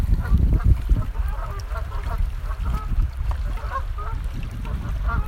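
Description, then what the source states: Goose calls, short nasal honks overlapping in a loose chattering flock throughout, with heavy low splashing and water noise underneath. Geese on water.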